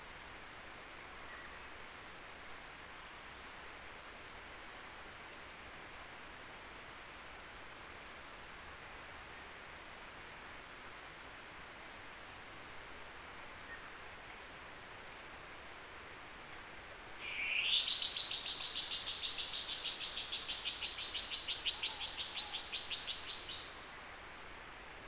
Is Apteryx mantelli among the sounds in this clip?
no